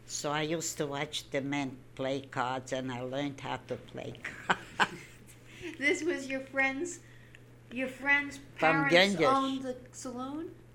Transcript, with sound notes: So I used to watch the men play cards and I learned how to play cards (she laughs)
(laughing) This was your friend's parents', your friend's parents owned the saloon?